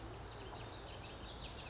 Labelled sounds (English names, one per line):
Lazuli Bunting